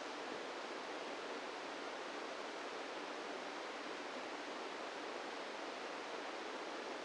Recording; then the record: brain microelectrode recording played as sound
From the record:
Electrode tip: inside the subthalamic nucleus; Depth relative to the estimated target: -2 mm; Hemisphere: right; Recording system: NeuroSet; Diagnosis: Parkinson's disease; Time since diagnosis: 17 years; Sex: male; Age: 64 years